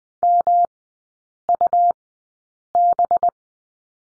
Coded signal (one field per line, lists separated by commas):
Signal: Morse code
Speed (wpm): 19 wpm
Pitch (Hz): 700 Hz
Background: none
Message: MUB